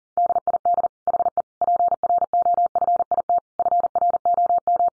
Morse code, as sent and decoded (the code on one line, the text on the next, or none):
-.. .. -.. / .... . / .--. .-. --- ..-. .. - / ..-. .-. --- --
DID HE PROFIT FROM